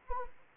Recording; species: mosquito wingbeat signal from an infrared sensor; Anopheles arabiensis